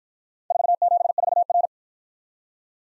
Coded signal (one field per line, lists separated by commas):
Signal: Morse code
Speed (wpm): 53 wpm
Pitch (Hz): 700 Hz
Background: none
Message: 474R